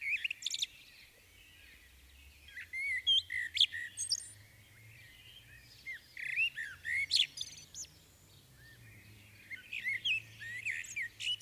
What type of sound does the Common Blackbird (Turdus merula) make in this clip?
song